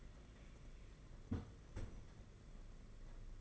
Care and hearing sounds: daily activity, microphone in the room; close fridge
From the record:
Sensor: 4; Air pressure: 992.7 hPa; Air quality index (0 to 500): 167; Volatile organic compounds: 233 ppm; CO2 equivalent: 4314 ppm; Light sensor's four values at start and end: 19/65/24/25 and 19/65/24/25

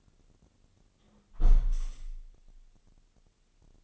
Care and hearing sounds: daily activity, microphone in the room; close window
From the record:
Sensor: 4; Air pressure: 1001.2 hPa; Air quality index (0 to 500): 176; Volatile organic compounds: 2 ppm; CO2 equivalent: 1256 ppm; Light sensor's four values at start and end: 12/28/12/12 and 12/28/11/12

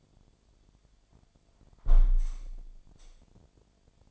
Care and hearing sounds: daily activity, microphone in the room; close window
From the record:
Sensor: 5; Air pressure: 1006.6 hPa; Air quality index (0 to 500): 186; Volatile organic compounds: 5 ppm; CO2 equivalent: 1772 ppm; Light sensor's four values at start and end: 56/160/62/63 and 56/159/62/63

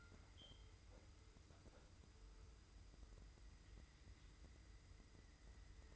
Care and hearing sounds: daily activity, microphone in the room; wipe stove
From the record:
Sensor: 2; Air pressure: 990.4 hPa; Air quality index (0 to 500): 191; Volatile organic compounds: 1000 ppm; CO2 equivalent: 6092 ppm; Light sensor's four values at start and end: 33/78/32/32 and 33/78/32/32

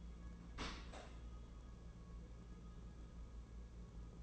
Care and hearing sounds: daily activity, microphone in the room; open dishwasher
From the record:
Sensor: 1

